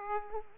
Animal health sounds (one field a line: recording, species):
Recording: mosquito wingbeat signal from an infrared sensor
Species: Aedes aegypti